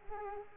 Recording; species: mosquito wingbeat signal from an infrared sensor; Culex quinquefasciatus